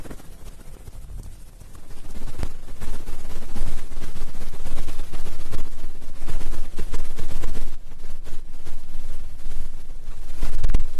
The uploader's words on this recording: Ear picking and ear massage, experience instant sleep.